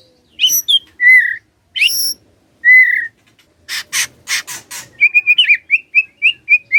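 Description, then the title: White-rumped shama song: loud rich whistles with sliding notes, a burst of harsh buzzy notes, then a rapid run of short repeated whistled notes. Lure to make lazy white-rumped shamas start singing; whistling song (siulan). "PANCINGAN MURAI BATU. SIULAN MURAI BATU❗ PANCINGAN MURAI MALAS AGAR BUNYI❗❗"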